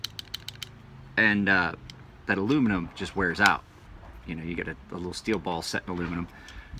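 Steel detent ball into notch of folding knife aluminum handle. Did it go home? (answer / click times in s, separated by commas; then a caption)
yes / 0.0 s. A folding knife's blade is closed so the steel detent ball set in the aluminum handle drops into its notch, giving a sharp click at 0.1 s that seats it closed and holds the blade shut. Several more quick, fainter clicks follow up to about 0.6 s, then someone talks about the aluminum wearing out.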